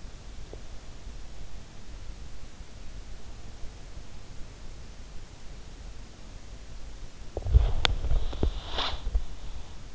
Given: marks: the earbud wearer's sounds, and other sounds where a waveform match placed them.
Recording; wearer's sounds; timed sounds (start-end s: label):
sounds in sleep by an in-ear microphone; teeth grinding, body movement, breath
0.00-1.29 s: teeth grinding
6.99-9.36 s: body movement
8.11-9.53 s: breath